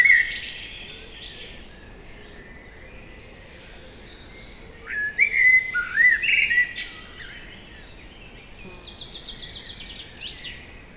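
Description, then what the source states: Common blackbird song: after a quiet spell, a phrase of mellow fluted whistles breaks into a brief high twitter, while other birds chirp faintly and constantly in the background. Evening chorus at Lac de Barterand, Magnieu, France; blackbird singing trills from a tree by the lake; recorded with Sennheiser MKH8040 ORTF stereo microphones and a Zoom F8.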